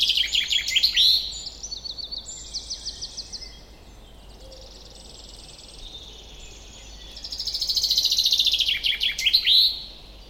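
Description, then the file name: Common chaffinch song: a phrase of repeated high notes ending in a flourish at the start, a softer series of notes after it, then a second song phrase near the end. "Fringilla coelebs"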